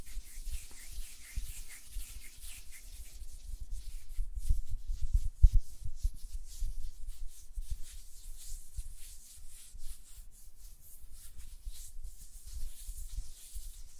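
Close, quiet hand sounds: soft rubbing and light fluttering fingertips against each other. A dense, airy hiss runs throughout, with faint low thumps that pick up around four seconds and continue irregularly. A low steady hum drops away near the four-second mark.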